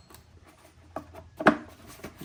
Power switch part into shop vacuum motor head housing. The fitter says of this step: we go. Make sure it clicks down in place.